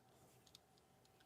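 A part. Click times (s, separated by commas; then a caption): 0.5 s, 0.6 s. A camera or phone mount is slid into a tripod's quick-release head and clicks into place at 0.5 s and 0.6 s, meaning it is fully seated and the setup is complete. The click matters because without it the mount is not all the way in. The clicks are short and sharp over a low, steady background hiss, and fainter ticks follow near 0.8, 1.1 and 1.2 s.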